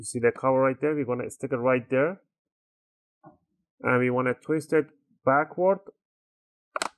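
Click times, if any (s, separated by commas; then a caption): 6.8 s. A guitar pick is wedged into the seam of the plastic bottom cover near the USB port on an HP Pavilion Gaming 15 Ec0002 laptop and twisted backward. Someone talks for most of the clip. Then two sharp clicks at 6.8 s and 6.8 s (6.76 and 6.82) are the plastic retaining clips on the chassis popping loose, releasing the cover.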